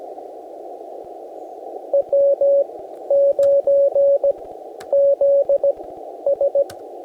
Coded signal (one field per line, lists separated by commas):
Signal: Morse code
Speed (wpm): 15 wpm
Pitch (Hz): 560 Hz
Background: radio noise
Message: W9ZS